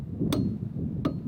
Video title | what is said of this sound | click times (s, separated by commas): Change A FLAT TIRE easily | Hear the click. Stop. | 0.3 s, 1.0 s